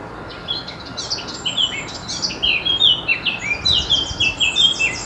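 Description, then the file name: Eurasian blackcap calls, a dense run of bright, fast chirping notes growing livelier toward the end. "Sylvia atricapilla"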